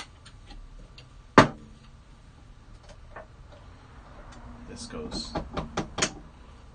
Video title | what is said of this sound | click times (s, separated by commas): Elite Series Drum Carder - How to Adjust and Clean | here this pulley goes over clicks into place this | 1.4 s